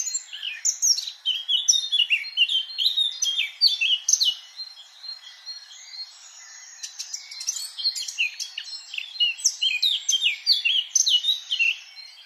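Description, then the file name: Eurasian blackcap warbling song, a long, busy stream of chattering and whistled notes with a brief softer pause midway before the lively phrases resume. "Sylvia atricapilla"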